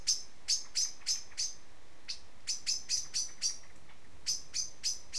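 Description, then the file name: Common blackbird uttering short clicking chink calls in three small bursts, with a constant low hiss of background noise. "Turdus merula"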